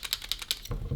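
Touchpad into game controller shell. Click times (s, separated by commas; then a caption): 0.5 s. A touchpad is dropped down into a PS5 DualSense controller shell and pressed until its plastic clips snap into place. A quick series of sharp, bright clicks builds to the loudest snap at 0.5 s, followed by low handling rumble. The touchpad is seated in its home.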